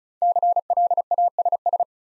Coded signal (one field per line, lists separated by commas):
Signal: Morse code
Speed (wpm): 36 wpm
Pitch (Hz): 700 Hz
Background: none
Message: CLASS